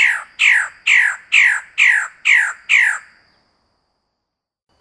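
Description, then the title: Bird song: seven harsh, downslurred notes, each sliding from high to low, repeated about twice a second, then quiet until a final note starts at the end. "kikicau"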